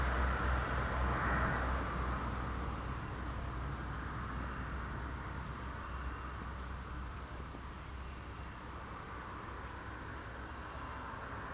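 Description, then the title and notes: Crickets in a steady high, shrill trilling chorus that drops briefly every two to three seconds, over a low rumble of traffic. Crickets at night in Aveize, France, with a few cars in the distance; recorded with a DPA-2006c AB pair into a Mixpre-3. "69610 Aveize, France - Grillons - Crickets. Grillons la nuit, quelques voitures dans le lointain. Crickets at night, cars in the distance"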